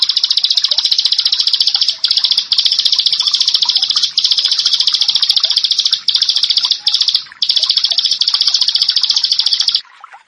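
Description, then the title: Prinia song, an intense, buzzy high trill delivered in bursts separated by short gaps, ending abruptly. "Ciblek Sawah"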